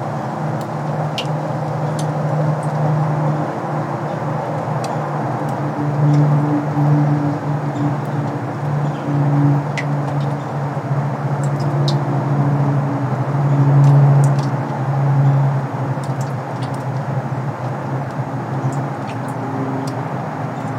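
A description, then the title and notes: Melting snow drips off a bridge in a light, irregular patter of small ticks and taps, scattered unevenly through the clip. Beneath them runs a steady low rumble and hum of traffic that swells slightly around the middle and then settles. Hidden Winter Sound Bath (Wahlfield Park Bridge). Day-old snow melts off of a bridge on the Wahfield Park trail, creating a delicate, echoing Michigan winter sound bath.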